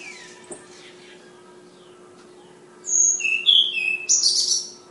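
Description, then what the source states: Flowerpecker: quiet start with a faint hum, then a flowerpecker bursts into high thin whistles, slurred notes and a brief scratchy flourish. Tledekan named Ababil, from Kudus, singing in sulingan (flute-like) style.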